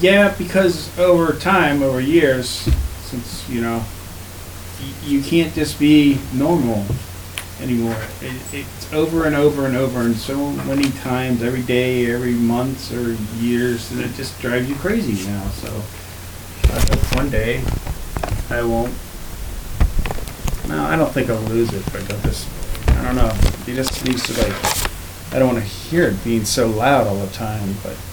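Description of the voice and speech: A man speaks at a fairly fluent pace, with part-word restarts, stacked repeats and sentences that break off or reverse midway before trailing into 'I don't know'. These halting, fragmented phrases fit aphasia after a traumatic brain injury from a gunshot that damaged Broca's and Wernicke's areas, with difficulty finding and organizing words.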